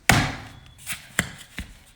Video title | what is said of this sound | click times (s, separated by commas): How to install Mohawk's PerfectSeal Laminate Flooring + Tips and Insight | you hear them click snap in please there | 0.1 s, 1.2 s